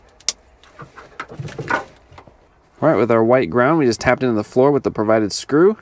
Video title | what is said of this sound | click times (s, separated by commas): 2011 Subaru Forester Tow Hitch Installation - Draw Tite Tow Hitch | for our harness it's just plug and play we don't have to splice or anything so plug that in until it clicks | 0.3 s